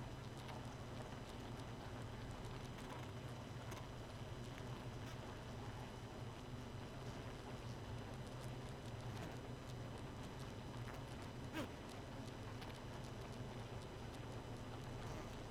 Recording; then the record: honeybee colony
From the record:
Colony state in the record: missing queen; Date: 31 May 2018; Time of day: 0:42